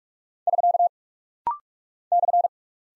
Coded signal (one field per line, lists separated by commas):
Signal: Morse code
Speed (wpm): 45 wpm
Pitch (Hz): 700 Hz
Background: none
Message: <SK> /